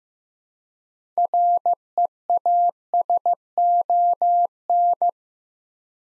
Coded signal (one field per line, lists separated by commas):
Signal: Morse code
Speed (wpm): 15 wpm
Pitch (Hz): 700 Hz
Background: none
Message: REASON